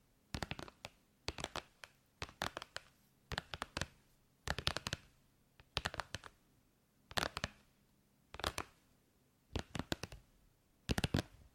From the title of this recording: Tapping